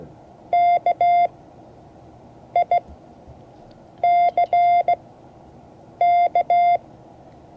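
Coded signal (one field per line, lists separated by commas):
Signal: Morse code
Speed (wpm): 16 wpm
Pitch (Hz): 700 Hz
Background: none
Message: KICK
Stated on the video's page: Morse code class.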